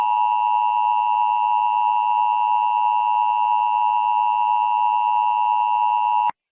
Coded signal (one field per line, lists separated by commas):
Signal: Emergency Alert System (SAME) tones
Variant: 853 and 960 Hz attention tone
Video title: EAS Scenario #10: The Verneshot